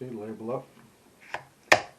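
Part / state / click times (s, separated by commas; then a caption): flight battery into drone battery bay / seated / 1.7 s. Someone talks while a flight battery is pushed label up into the battery bay of a TENSSENX TSRC X7 GPS drone. A faint tick comes at 1.3 s, then a sharp, loud snap at 1.7 s as the battery seats in the bay.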